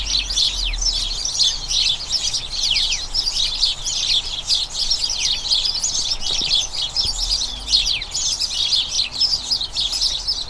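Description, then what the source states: House sparrows chirping together, a continuous thick twitter of high chirps, with a low rumble audible briefly at the start and later. About a dozen house sparrows, a colony, chattering incessantly in a small front garden as crocuses bloom, excitement signalling the colony turning toward the breeding season.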